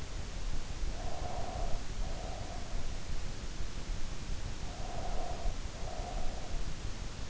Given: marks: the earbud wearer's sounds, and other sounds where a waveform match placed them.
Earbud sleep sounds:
sounds in sleep by an in-ear microphone; breath
0.65-2.92 s: breath
4.65-6.58 s: breath

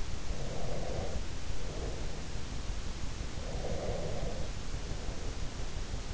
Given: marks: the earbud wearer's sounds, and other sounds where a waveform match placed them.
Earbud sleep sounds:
sounds in sleep by an in-ear microphone; breath
0.36-2.32 s: breath
3.38-5.50 s: breath

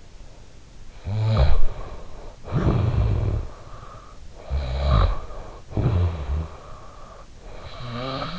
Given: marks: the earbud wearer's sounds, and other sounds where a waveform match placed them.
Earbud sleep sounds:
sounds in sleep by an in-ear microphone; snoring breath
0.62-1.99 s: snoring breath
2.39-3.88 s: snoring breath
4.28-6.91 s: snoring breath
7.19-8.39 s: snoring breath

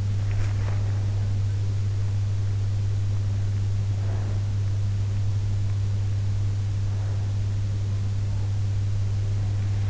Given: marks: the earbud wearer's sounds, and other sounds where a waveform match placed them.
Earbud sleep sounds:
sounds in sleep by an in-ear microphone; swallowing, breath
0.00-1.50 s: swallowing
3.54-4.99 s: breath

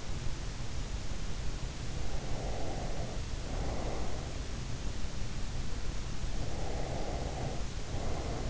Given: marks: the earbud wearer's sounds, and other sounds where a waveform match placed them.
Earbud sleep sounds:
sounds in sleep by an in-ear microphone; breath
2.31-4.23 s: breath
6.75-8.50 s: breath

